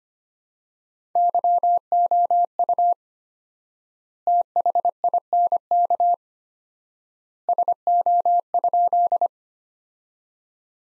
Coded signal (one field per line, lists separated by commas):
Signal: Morse code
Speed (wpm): 25 wpm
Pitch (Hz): 700 Hz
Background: none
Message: YOU THINK SO?